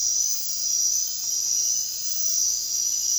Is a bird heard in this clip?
no